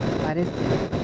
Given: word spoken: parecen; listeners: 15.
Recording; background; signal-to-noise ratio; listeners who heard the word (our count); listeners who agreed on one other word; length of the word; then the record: one Spanish word in noise, from a listening test; noise modulated by three-talker babble; -3.3 dB; 0 of 15; 7 of 15; 0.64 s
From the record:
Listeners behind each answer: 7, 7, 1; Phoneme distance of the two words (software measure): 24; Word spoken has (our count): 3 syllables, 7 phonemes, stress on syllable 2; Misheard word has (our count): 2 syllables, 5 phonemes, stress on syllable 2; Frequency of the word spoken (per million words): 61.25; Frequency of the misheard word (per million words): 44.55